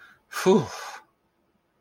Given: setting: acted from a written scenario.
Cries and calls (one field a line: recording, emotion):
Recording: vocal sound without words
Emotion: relief